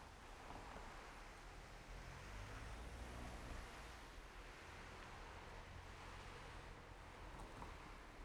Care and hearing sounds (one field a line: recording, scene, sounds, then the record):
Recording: everyday scene through a hearing-aid microphone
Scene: in traffic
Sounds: traffic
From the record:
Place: main road on the outskirts, rush hour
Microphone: behind the ear, left, front